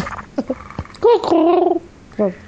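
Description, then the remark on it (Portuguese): A person tries to imitate a cat's purr, producing a brief wavering, gurgly voiced rumble that lasts under a second, framed by a few short vocal noises and clicks. “Ah, mas eu já consegui ronronar, fazer uma coisa parecida com ronronar.”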